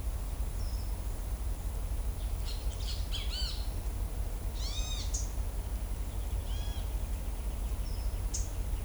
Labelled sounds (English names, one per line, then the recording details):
Ochre-lored Flatbill
Great Kiskadee
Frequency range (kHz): Ochre-lored Flatbill 3.8-9.1 kHz; Great Kiskadee 0.9-9.3 kHz
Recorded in shrubland near Pivijay, Magdalena, Colombia, on 3 June 2023 at 10:00
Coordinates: 10.453, -74.365
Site P5-G022